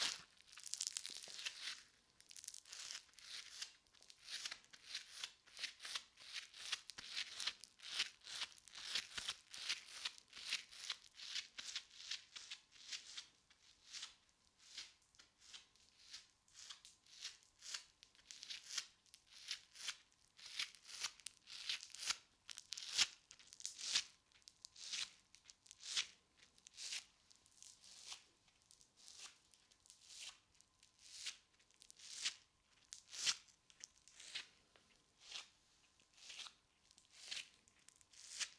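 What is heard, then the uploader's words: Play foam squished, a dense run of sticky crackles and bright crinkly pops, busiest early, then sparser irregular squishes. ASMR Play Foam for Tingles Squishing and Sticky Sounds.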